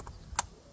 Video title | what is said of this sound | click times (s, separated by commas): This Work Was A Nightmare! - Project Phoenix SAAB 9-5 | There. I heard a click. | 0.4 s